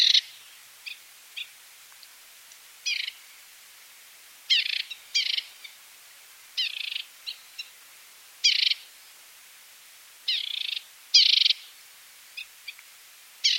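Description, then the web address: Mountain warbler calling: a series of short high chips and slightly longer buzzy notes, some in quick pairs, over faint hiss. "mountain warbler bird call"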